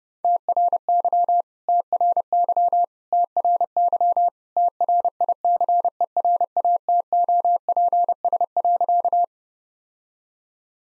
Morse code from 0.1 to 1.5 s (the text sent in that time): TRY